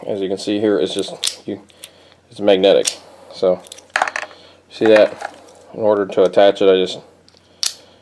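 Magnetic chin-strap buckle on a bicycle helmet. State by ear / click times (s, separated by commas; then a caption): seated / 7.6 s. Someone talks while bringing the two halves of a magnetic chin-strap buckle on a bicycle helmet close together. The halves snap shut with a sharp click at 7.6 s, and the buckle is seated.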